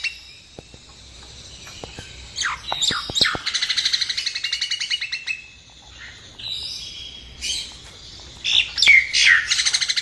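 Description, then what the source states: Nias hill myna song mixing sharp clicks, rapid chattering notes and loud sweeping whistles, with brief pauses between phrases. Masteran recording, used as training audio for songbirds.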